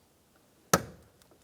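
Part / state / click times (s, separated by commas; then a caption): plastic retainer piece on interior door handle / seated / 0.7 s. A white plastic retainer piece is pressed into position on the interior door handle assembly of a 2002-2005 Ford Explorer until it locks. One sharp, loud click is heard at 0.7 s, followed by a much fainter tick at 1.2 s. The clip is seated and locked in, then given a tug to check that it is secure.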